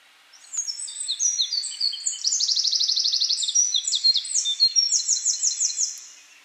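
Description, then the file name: Eurasian wren song, a long, loud, high-pitched outpouring of rapid trills and sharp notes, running about six seconds without pause and fading at the end. "Troglodytes troglodytes"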